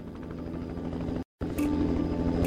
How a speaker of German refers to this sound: Ein österreichischer Bergungstrupp landet im Hubschrauber. Schlecht Wetter zieht auf.